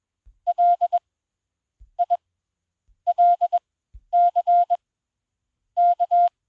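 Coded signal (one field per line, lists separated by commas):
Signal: Morse code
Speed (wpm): 21 wpm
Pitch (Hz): 700 Hz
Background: none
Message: L I LC K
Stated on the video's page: 20 WPM Morse generated by an Android Koch-method trainer app for smartphones and tablets.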